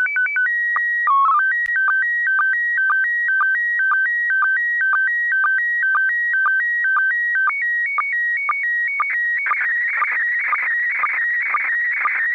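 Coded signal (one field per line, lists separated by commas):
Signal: SSTV (slow-scan television)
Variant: PD 120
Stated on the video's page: Slow Scan TV images from the ISS in PD-120 mode on 145.800 MHz FM, sent with a Kenwood TM-D710 transceiver.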